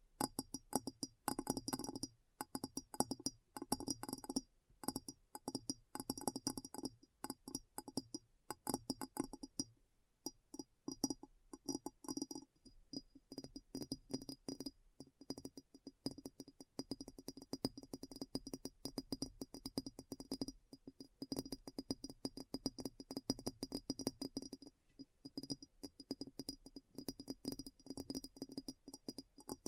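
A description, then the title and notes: Fast, dense ASMR tapping runs for the whole clip, a nearly continuous patter of sharp clicks and bright, glassy clinks. The rhythm is quick and uneven, with brief gaps and short bursts that thin out slightly in the middle before picking up again. ASMR Addictive Tapping.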